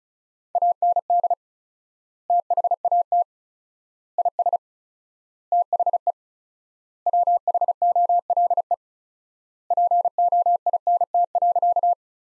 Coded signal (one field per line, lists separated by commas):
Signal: Morse code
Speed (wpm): 36 wpm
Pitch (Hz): 700 Hz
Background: none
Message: AND THAT IS THE WHOLE POINT.